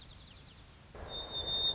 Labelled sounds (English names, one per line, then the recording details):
White-crowned Sparrow
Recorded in Sonoma County, California